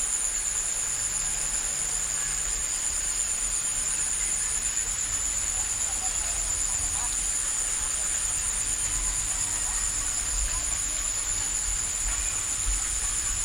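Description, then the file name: Unbroken high-pitched cricket chorus, pulsing rapidly, over a low background hum. Crickets recorded in a village on Bali. "bali sirkat kyla"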